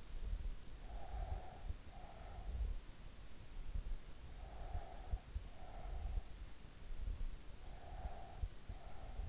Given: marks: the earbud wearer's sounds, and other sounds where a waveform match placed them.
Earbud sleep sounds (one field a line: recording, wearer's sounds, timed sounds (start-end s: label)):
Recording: sounds in sleep by an in-ear microphone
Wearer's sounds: breath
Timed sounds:
0.63-2.59 s: breath
4.49-6.54 s: breath
7.52-9.28 s: breath